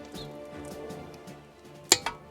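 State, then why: Torque reached. A click-type torque wrench set to 120 Nm tightens a wheel bolt on an alloy wheel with a socket. Low, steady background sound gives way to a sharp click at 1.9 s as the wrench reaches its setting, followed by a smaller knock at 2.1 s. The bolt is tightened to 120 Nm.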